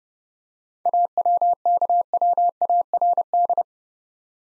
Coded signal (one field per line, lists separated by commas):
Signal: Morse code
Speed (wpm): 30 wpm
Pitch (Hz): 700 Hz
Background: none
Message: AWKWARD